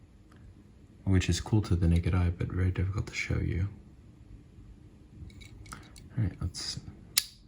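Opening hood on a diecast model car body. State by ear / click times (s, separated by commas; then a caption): seated / 7.2 s. Someone talks, then the opening hood on a 1:64 diecast metal model car body is pressed closed. A few small handling clicks come first, and a sharp, loud snap at 7.2 s shows the hood has shut.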